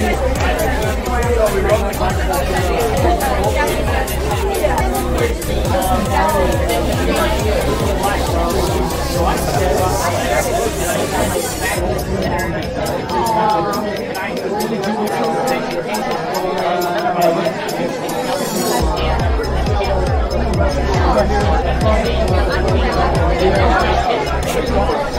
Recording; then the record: background sound without coughing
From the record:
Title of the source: Nightlife Party Simulating Party Club Noise 1 Hour